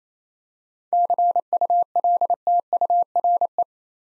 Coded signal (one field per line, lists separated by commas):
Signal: Morse code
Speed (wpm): 27 wpm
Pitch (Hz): 700 Hz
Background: none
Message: CULTURE